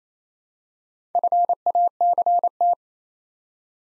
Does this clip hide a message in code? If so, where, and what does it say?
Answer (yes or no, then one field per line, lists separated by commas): yes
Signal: Morse code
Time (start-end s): 1.2-2.7 s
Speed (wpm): 27 wpm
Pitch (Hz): 700 Hz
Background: none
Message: FACT